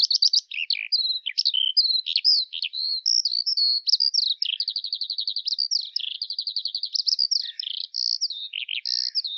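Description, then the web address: Bird song, a long unbroken stream of high chirps, slurred whistles and fast buzzy trills, with a rapid rattling run in the middle; no other sounds heard. "Deverinetal 2025 File cleaned normalized Bird Al Ar"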